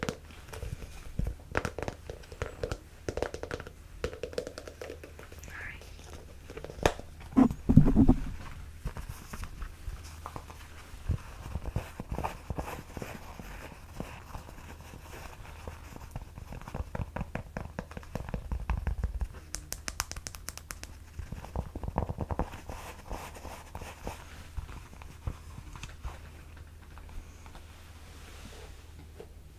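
Fabric scratching and rustling, made of irregular bursts of short scraping strokes over a steady low hum. The sounds cluster and pause unevenly, with a louder, denser stretch around eight seconds and another run of quick scratches near nineteen to twenty-two seconds.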